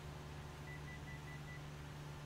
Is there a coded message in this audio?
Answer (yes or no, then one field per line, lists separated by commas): no